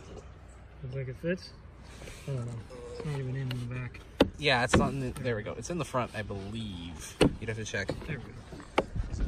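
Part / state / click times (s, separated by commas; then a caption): window master switch panel into door trim / partly seated / 8.8 s. A plastic window master switch panel for a 2009 Hyundai Sonata is pressed into the door trim while people talk. A sharp snap is heard at 8.8 s, but the panel is not fully seated.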